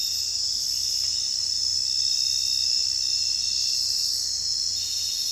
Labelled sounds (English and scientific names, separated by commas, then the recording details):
none
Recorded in dense forest near Puerto Asís, Putumayo, Colombia, on 20 December 2024 at 23:30
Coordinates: 0.467, -76.328
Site GP05